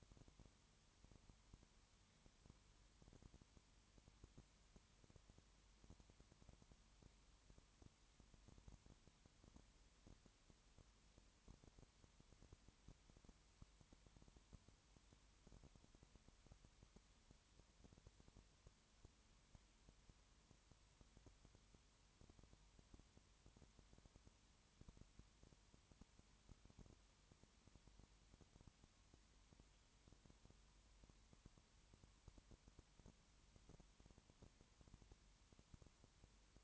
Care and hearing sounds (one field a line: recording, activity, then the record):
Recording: daily activity, microphone in the room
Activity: no activity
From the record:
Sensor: 3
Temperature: 21.1 degrees Celsius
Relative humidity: 37.0%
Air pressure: 1010.6 hPa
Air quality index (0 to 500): 204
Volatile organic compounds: 31 ppm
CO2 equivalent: 2982 ppm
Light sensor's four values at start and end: 2/3/2/2 and 2/3/2/2